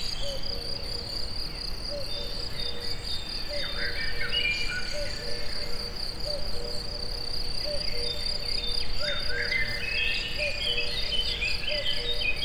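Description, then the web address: Cricket trilling: a steady, high pulsed drone throughout, with a lower tone repeated at regular intervals, occasional sliding bird calls, and a broad rushing background. In nature at the forest edge near the Eger tourist house. "tucsok. mindenfeleazerdoszelen egerturistahaz"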